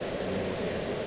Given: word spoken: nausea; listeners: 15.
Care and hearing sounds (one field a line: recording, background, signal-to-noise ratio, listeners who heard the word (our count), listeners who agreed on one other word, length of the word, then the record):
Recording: one English word in noise, from a listening test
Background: speech-shaped noise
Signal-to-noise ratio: -5.3 dB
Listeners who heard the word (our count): 3 of 15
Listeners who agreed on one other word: 6 of 15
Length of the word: 0.67 s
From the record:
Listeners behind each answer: 6, 3, 1, 1, 1, 1, 1, 1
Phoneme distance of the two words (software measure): 30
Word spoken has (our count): 2 syllables, 4 phonemes, stress on syllable 1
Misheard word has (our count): 2 syllables, 4 phonemes, stress on syllable 1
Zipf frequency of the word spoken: 3.03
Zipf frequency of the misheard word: 5.53